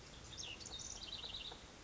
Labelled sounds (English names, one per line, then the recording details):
House Wren
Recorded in Sonoma County, California